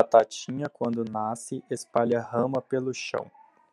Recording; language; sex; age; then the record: short text; Brazilian Portuguese; male; 30 to 39 years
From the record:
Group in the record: control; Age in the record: 33 years